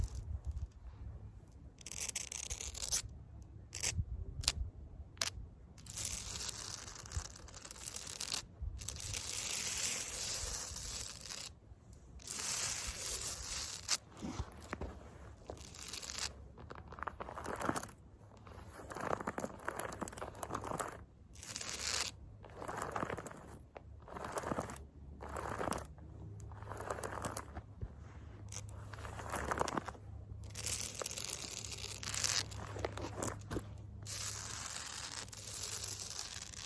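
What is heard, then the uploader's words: Gritty scratching of fake nails on concrete in dense rasping strokes with brief silent gaps, over a low steady hum. ASMR CONCRETE SCRATCHING WITH FAKE NAILS (towards camera and back).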